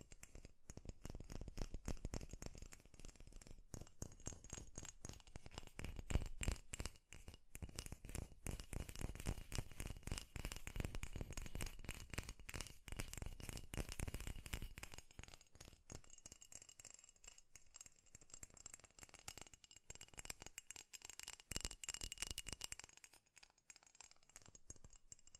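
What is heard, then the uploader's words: Fast tapping in dense, rapid clusters of sharp clicks, fullest and loudest through the first fifteen seconds with a strong low thump underneath. After that the taps thin out and turn lighter and brighter, with a faint steady high tone running throughout. ASMR 3D Fast Tapping.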